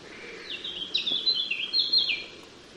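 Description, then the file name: European robin song: a liquid, wavering phrase of high whistles sliding up and down, delivered quickly over steady background noise. "Erithacus rubecula"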